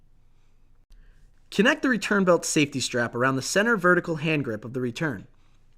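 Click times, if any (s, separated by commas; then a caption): none. The safety strap of a Handicare ReTurn 7500 sit-to-stand transfer aid is being wrapped around the aid's center vertical hand grip while someone talks, with a faint short tap near 0.9 s. The strap's buckle has not clicked shut yet.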